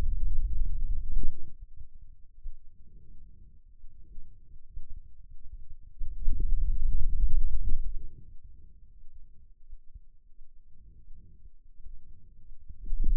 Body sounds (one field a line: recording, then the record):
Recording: forearm muscle sounds (acoustic myography)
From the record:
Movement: hand opening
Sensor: system 2, bracelet of six BSWA MPA416 microphones around the upper forearm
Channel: 2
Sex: male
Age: 22 years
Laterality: right